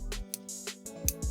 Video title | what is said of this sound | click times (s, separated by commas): Gundam Age had a pretty cool toy line. | and that actually snaps into place okay | 1.1 s